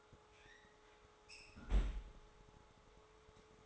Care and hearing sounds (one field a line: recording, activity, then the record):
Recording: daily activity, microphone in the room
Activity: close fridge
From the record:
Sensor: 3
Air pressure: 1004.5 hPa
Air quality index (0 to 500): 193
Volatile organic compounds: 13 ppm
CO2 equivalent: 2426 ppm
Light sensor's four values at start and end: 5/12/4/4 and 5/12/4/4